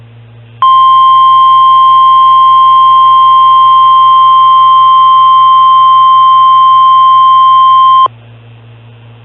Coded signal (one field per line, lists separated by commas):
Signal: Emergency Alert System (SAME) tones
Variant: 1050 Hz attention tone